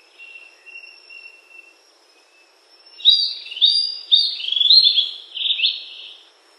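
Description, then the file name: Warbler song begins after soft high notes: a lively string of quick, high, slurred twitters that tumble and waver for about three seconds, then fade. A constant insect hum sits beneath. Recorded on the Sendero Macuco trail, Misiones, in 2010. "MB--Mosquitero----Sendero-Macuco-Misiones-2010"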